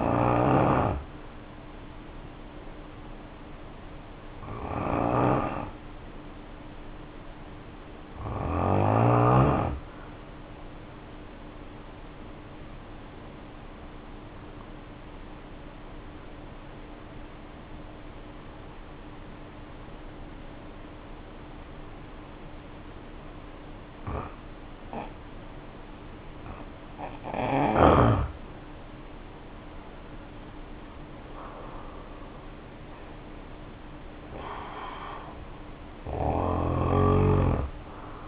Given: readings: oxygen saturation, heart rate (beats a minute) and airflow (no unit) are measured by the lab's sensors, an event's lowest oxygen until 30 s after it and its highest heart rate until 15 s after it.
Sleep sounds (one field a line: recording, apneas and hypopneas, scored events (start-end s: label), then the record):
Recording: breathing in sleep by a voice recorder at the bedside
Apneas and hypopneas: 1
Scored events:
12.00-26.30 s: obstructive apnea (N2, oxygen 93% highest, then 78% lowest, heart rate 63 at the start, 73 highest)
From the record:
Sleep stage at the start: N2 (light sleep)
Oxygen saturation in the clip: 82 to 94%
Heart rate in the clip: 56 to 73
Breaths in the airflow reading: 8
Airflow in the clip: -5.9 to 8.9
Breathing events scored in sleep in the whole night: 520 in 7.2 hours asleep